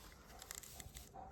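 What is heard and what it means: A lens cap is being turned onto a second camera lens to twist-lock it in place, with soft scraping handling noise and a few sharp ticks around 0.5, 0.6 and 0.8 seconds. The clip ends before the cap goes home, so nothing has seated or clicked yet.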